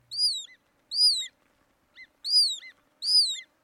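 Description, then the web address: Hudsonian Godwit calling in loud, high, arching whistles, each followed by a brief lower note, repeated at irregular intervals. "birdnote-daily- episodio hudsonian-godwit"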